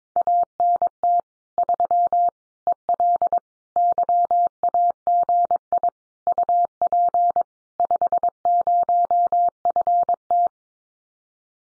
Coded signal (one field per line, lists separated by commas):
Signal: Morse code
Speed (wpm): 22 wpm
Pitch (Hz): 700 Hz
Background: none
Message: ANT 3 EL YAGI UP 50FT